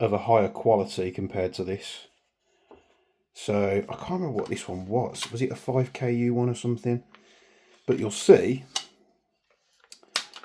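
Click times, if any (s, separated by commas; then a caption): 10.2 s. Someone talks, then a replacement folding stock on a Scar-L MWS GBBR airsoft rifle is folded and swung back open, with a few light ticks of the hinge. The hinge latch snaps sharply into the open position at 10.2 s, locking the stock in place with hardly any movement.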